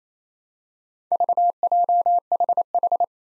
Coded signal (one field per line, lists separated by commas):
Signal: Morse code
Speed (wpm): 28 wpm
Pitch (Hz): 700 Hz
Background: none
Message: VJHH